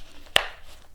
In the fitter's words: clicks into place